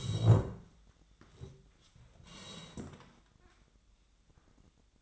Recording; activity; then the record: daily activity, microphone in the room; sit down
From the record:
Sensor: 3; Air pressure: 1012.2 hPa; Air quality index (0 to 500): 174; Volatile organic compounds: 3 ppm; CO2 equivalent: 1340 ppm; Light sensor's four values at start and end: 86/193/94/102 and 102/219/109/121